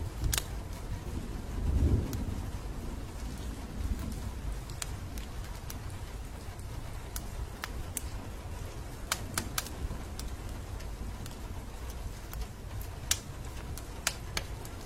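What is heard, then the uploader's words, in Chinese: Inside a wooden cabin, a wood fire pops and crackles with sharp, scattered snaps every second or two over a steady low hiss of rain. A deep muffled rumble swells around two seconds in, then the room settles into an even backdrop. 木屋内柴火+雨声。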